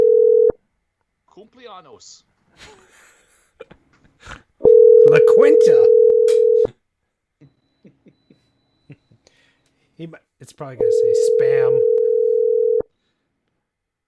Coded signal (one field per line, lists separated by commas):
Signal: telephone call progress tone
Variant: North America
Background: speech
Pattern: ringback tone